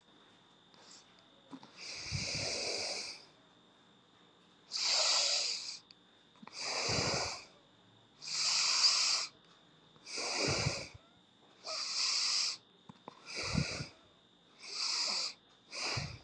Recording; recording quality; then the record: deep breathing; excellent, no background noise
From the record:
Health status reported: healthy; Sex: female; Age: 51 years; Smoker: no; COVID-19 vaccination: both doses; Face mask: not worn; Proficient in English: yes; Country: India